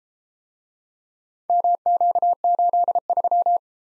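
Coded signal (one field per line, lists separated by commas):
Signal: Morse code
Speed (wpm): 33 wpm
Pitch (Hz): 700 Hz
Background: none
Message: MQ83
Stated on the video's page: Morse practice of four-character letter-number groups, speed-racing format starting fast and slowing to 22 wpm base; fastest 1.5 times slowest, final repeat at maximum speed.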